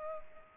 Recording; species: mosquito wingbeat signal from an infrared sensor; Culex pipiens